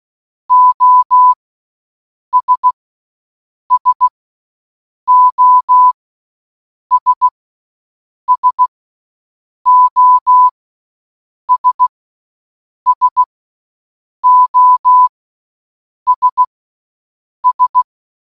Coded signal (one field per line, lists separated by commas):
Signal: Morse code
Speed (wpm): 16 wpm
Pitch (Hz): 1000 Hz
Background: none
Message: OS SOS SOS SOS S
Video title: 🔊🔊🔊 Listening To SOS For ONE HOUR In Morse Code Challenge 🔊🔊🔊